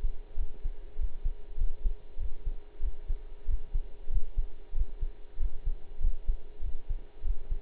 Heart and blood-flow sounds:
heart sounds by stethoscope; between the tricuspid and mitral areas; 96 bpm
0.36 s: heartbeat
0.97 s: heartbeat
1.57 s: heartbeat
2.18 s: heartbeat
2.81 s: heartbeat
3.46 s: heartbeat
4.09 s: heartbeat
4.74 s: heartbeat
5.38 s: heartbeat
6.00 s: heartbeat
6.62 s: heartbeat
7.23 s: heartbeat
From the record:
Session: pedaling a stationary bicycle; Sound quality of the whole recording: partially saturated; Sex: male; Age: 23 years

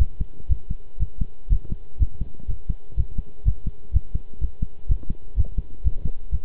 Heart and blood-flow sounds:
heart sounds by stethoscope; between the tricuspid and mitral areas; 124 bpm
0.49 s: heartbeat
0.99 s: heartbeat
1.49 s: heartbeat
1.99 s: heartbeat
2.48 s: heartbeat
2.97 s: heartbeat
3.45 s: heartbeat
3.93 s: heartbeat
4.41 s: heartbeat
4.88 s: heartbeat
5.36 s: heartbeat
5.84 s: heartbeat
6.31 s: heartbeat
From the record:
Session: pedaling a stationary bicycle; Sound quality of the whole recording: good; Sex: male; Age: 23 years

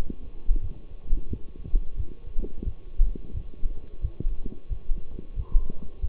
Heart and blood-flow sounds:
heart sounds by stethoscope; between the tricuspid and mitral areas; 89 bpm
0.61 s: heartbeat
1.29 s: heartbeat
1.96 s: heartbeat
2.64 s: heartbeat
3.33 s: heartbeat
4.01 s: heartbeat
4.69 s: heartbeat
5.36 s: heartbeat
6.01 s: heartbeat
From the record:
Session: walking at 3.7 km/h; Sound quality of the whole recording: partially saturated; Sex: male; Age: 24 years

